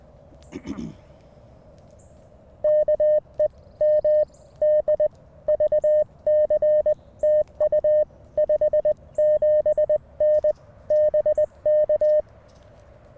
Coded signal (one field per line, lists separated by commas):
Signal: Morse code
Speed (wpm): 20 wpm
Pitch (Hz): 590 Hz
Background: none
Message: KE M D VC TU 57N BK